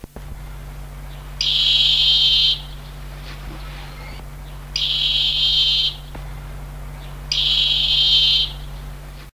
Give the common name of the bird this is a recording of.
Crested Jay